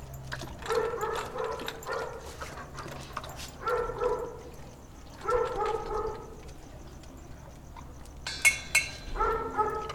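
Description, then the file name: Dogs barking in bursts of quick, repeated barks separated by short pauses, with clinking of metal dishes near the end. Several dogs barking while eating and drinking water. "Perros ladrando, comiendo y tomando agua"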